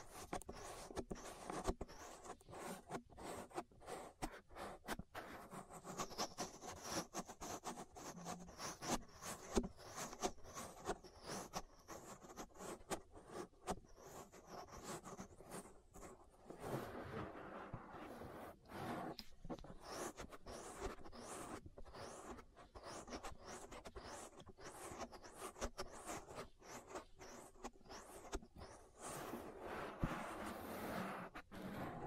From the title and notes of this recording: ASMR Relaxing Ear Massage That'll Put You to Sleep (No Talking).